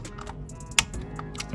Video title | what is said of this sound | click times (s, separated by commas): Changing Your Motorcycle’s Oil is Easier Than You’d Expect! (Kawasaki Z900) | we heard the click | 0.8 s